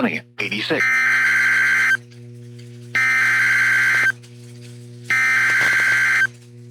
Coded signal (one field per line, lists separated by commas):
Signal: Emergency Alert System (SAME) tones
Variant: header bursts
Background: speech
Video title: EAS Alerts From August 7-8 2026 EAS 1,080-1,117